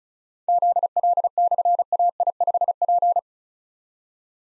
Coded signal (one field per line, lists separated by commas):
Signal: Morse code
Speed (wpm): 36 wpm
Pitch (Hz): 700 Hz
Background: none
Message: ZL/AI5P